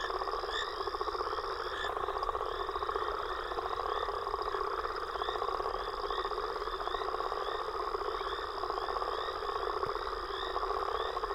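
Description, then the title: Frogs and toads: frog and toad chorus, a thick unbroken wall of pulsing croaks and trills with repeated chirping calls above, sustained throughout. Frog and toad chorus recorded after a storm. "Frog And Toad Chorus Post Storm With Thunder"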